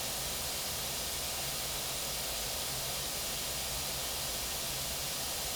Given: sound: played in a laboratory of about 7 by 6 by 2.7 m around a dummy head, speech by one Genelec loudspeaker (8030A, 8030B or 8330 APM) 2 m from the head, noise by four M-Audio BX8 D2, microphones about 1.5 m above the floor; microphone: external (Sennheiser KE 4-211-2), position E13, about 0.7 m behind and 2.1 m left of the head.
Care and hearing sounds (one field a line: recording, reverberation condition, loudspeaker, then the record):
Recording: white noise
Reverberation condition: low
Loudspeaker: four, about 170 cm from the corners of the room and facing them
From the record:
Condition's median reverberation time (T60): about 310 ms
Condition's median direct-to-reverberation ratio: about 3.5 dB